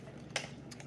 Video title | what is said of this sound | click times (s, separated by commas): Transformers X Knight Rider Collaborative 2024 Autobot Agent Knight Figure - Rodimusbill Review | pull that back till it snaps in right | 0.4 s